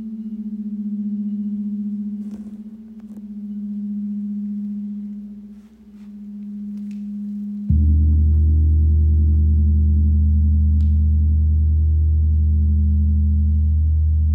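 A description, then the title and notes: A steady, pure ringing tone from a crystal bowl hums low and swells gently in waves, with a few soft taps and clicks scattered over it. Near the eight-second mark a deeper, fuller drone suddenly joins, thick and steady, holding to the end. The frequencies from the crystal bowls, gong & chimes that are played in this offering.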